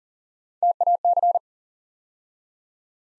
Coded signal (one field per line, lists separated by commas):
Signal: Morse code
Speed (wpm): 38 wpm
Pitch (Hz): 700 Hz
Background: none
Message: TAC